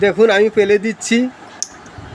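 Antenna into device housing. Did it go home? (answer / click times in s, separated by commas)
yes / 1.6 s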